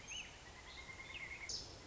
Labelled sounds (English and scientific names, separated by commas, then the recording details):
Pileated Woodpecker (Dryocopus pileatus)
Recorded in Sonoma County, California